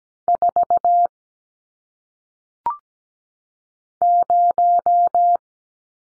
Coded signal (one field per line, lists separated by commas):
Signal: Morse code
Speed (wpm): 17 wpm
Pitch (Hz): 700 Hz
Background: none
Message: 4 0